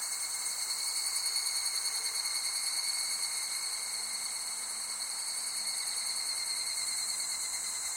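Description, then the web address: Insect chorus of continuous high-pitched shrilling and pulsing trills, steady throughout, with a faint low hum in the background. Summer ambience of insects in Japan. "Sound Effects-Foundation 1 AMBIENCE JAPANESE SUMMER INSECTS"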